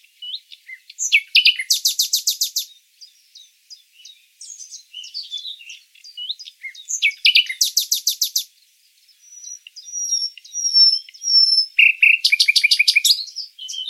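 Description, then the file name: Common nightingale song: varied phrases of chirps and clear whistles broken by three fast, loud rattling trills, with a thin drawn-out whistle series before the last. "Luscinia megarhynchos"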